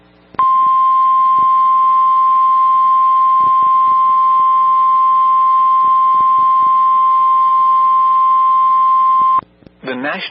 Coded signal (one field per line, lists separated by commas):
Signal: Emergency Alert System (SAME) tones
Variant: 1050 Hz attention tone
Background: speech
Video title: Tornado Warning (4/17/26) [EAS #393]